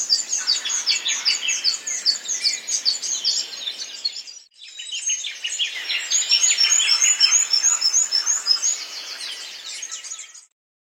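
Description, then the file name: Bird: a dense, high twittering chatter, pausing briefly near four seconds before the busy calling resumes. "BIRD wbsw"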